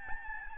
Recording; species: mosquito wingbeat signal from an infrared sensor; Aedes albopictus